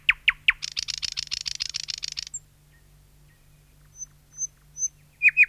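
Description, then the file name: Thrush nightingale giving a few sharp notes, then a long dry buzzing rattle, a silent pause, soft high whistles and a final few hard notes. "satakieli"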